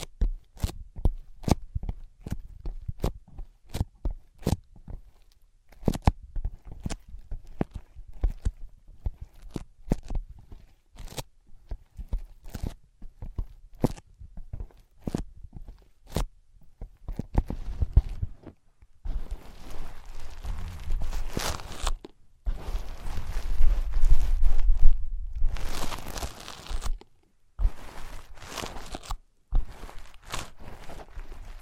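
Tapping on ear pads opens with quick, sharp taps, evenly spaced and several per second, for about eighteen seconds. After that the sound turns to dense scratching and rubbing, with louder bursts near the middle and brief silent gaps between strokes.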